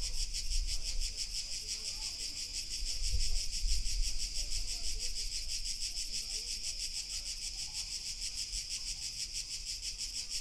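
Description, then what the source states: Crickets chirping as a continuous rapid high pulsed chorus over a soft low background hum. Crickets recorded in August.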